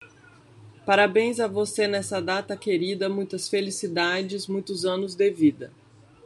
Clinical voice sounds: short text; Brazilian Portuguese; female; 30 to 39 years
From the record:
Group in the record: control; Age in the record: 36 years

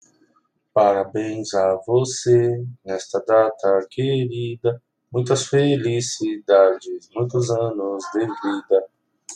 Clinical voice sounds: short text; Brazilian Portuguese; male; 20 to 29 years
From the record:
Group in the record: control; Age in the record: 27 years

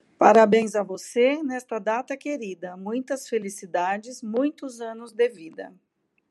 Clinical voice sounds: short text; Brazilian Portuguese; female; 50 to 59 years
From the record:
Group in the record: control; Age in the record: 52 years

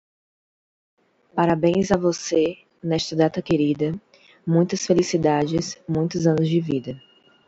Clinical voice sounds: short text; Brazilian Portuguese; female; 20 to 29 years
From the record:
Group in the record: control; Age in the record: 24 years

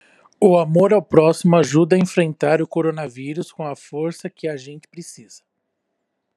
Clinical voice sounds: spoken sentence; Brazilian Portuguese; male; 30 to 39 years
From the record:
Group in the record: control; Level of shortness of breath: 0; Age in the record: 38 years

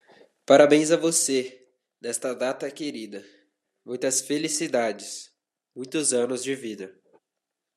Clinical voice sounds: short text; Brazilian Portuguese; male; 20 to 29 years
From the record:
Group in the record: control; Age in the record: 20 years

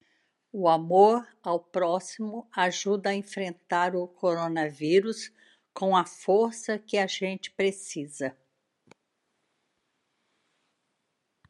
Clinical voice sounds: spoken sentence; Brazilian Portuguese; female; 70 to 79 years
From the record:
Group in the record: control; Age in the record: 73 years

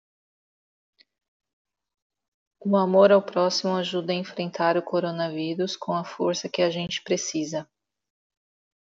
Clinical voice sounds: spoken sentence; Brazilian Portuguese; female; 30 to 39 years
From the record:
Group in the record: control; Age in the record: 32 years

